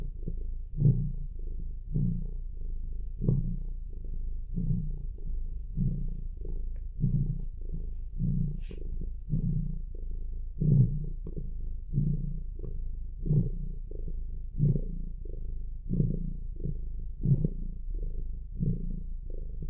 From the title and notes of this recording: This Bilbcast is a very relaxed, very happy podcast that’s simply just a good boy purring.